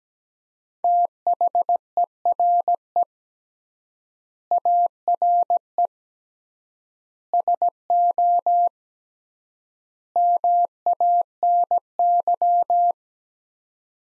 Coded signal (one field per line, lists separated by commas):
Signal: Morse code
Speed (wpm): 17 wpm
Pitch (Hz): 700 Hz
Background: none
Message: THERE ARE SO MANY